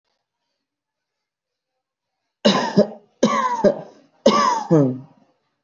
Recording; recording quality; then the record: heavy voluntary cough; excellent, no background noise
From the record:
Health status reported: healthy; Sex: male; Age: 26 years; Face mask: not worn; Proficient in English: yes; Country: India